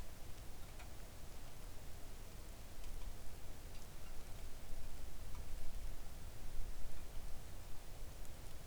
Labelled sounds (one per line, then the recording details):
rain
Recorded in the Arctic National Wildlife Refuge, Alaska, on 3 August 2019 at 05:56
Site 41